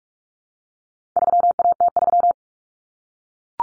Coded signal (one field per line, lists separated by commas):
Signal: Morse code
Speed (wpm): 44 wpm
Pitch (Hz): 700 Hz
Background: none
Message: 3AT3